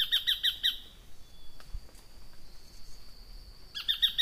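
Tacarcuna tapaculo call: a rapid series of sharp, high notes repeated in quick pulses, a pause, then the same pulsed series again.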